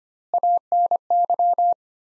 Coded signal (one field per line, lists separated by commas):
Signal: Morse code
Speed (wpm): 25 wpm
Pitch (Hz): 700 Hz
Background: none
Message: ANY